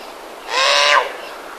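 Verreaux's sifaka giving one grating, noisy call about half a second long that rises slightly then drops at the end, with soft hiss around it.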